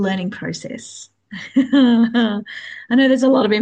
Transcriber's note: laughs